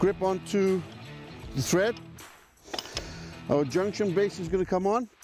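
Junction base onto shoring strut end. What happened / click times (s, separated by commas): Part handled, not yet seated / none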